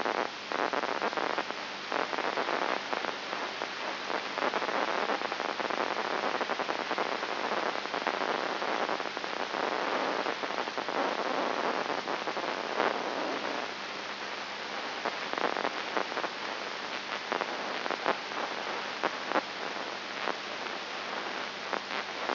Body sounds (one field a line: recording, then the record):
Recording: brain microelectrode recording played as sound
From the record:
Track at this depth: inside the subthalamic nucleus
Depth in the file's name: 4.901 mm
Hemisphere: left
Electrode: 2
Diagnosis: Parkinson's disease